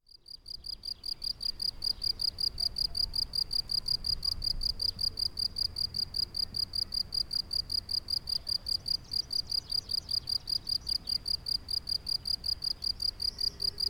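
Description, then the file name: Crickets chirping in a fast, even series of high, sharp pulses, fading in at the start over a soft low rumble. Mümliswil, Jura, Switzerland, 22 June 2008. "Jura Muemliswil Chirr Of Crickets"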